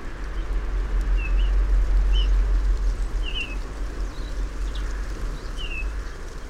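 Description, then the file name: Eurasian bullfinch calls: soft, short piping whistles that dip slightly, given several times at irregular intervals over steady low rumbling background noise. "Pyrrhula pyrrhula"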